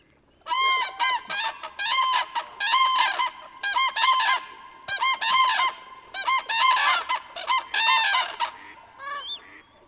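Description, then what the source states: Common cranes calling, repeated bursts of loud bugling trumpet notes from many birds. Large flock gathering at a wetland in early morning before migrating north; late February, Cabañeros, Spain; deafening clamour of honks and trumpeting audible from kilometres away.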